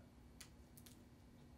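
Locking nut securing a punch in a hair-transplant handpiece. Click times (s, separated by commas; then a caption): 0.4 s. The locking nut on a Cole Dissection Device (CDD-Vortex v6) hair-transplant handpiece is rotated after the punch is put back in its hole. A sharp click at 0.4 s locks the punch in place, followed by two fainter ticks at 0.8 and 0.9 s. The punch is seated and locked, ready for the depth control to be reapplied.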